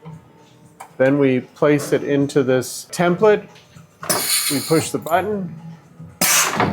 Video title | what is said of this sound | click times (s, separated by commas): Someone built HIS OWN Osmolator 3?! - How difficult is it? | So you can feel it clicks in and you've got it right. | 0.8 s